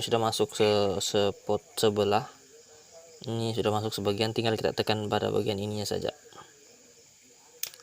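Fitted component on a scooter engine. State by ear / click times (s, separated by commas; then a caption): seated / 7.6 s. Someone talks for about six seconds while fitting a component on the engine of a Mio M3 scooter that smokes white, is sometimes hard to start in the morning and won't hold an idle. After a quiet pause, the part, already partly inserted, is pressed at its remaining spot. It clicks home and seats with a sharp snap at 7.6 s, followed by two faint ticks just after.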